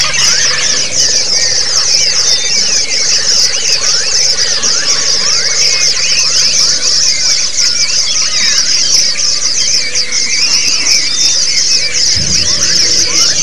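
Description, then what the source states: Many white-eyes in constant high chatter, thin trilled notes and quick slurred whistles overlapping throughout, with a soft low thump near the end. Therapy recording of the 'ombyokan' style, with many white-eyes singing together.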